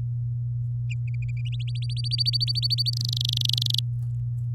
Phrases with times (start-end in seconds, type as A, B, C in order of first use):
1.52-2.90 A, 2.93-3.79 B